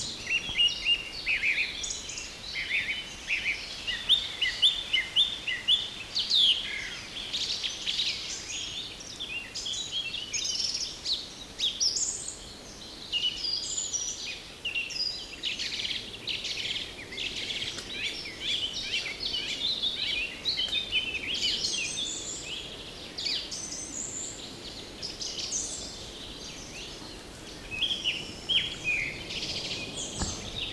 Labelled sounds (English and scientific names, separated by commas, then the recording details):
Song Thrush (Turdus philomelos)
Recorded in the wild
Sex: male
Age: adult
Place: Mühlenbeck, Brandenburg, DE
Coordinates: 52.667, 13.37
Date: 1992-05-23 11:30
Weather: 23-24°C, böiger Wind
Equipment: Nagra SN, Mikrofon AKG CK 8, Kopie Tesla B 116
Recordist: Tembrock, Günter
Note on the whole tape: Bei Schloß Dammsmühle: Gesang, ca. 3 min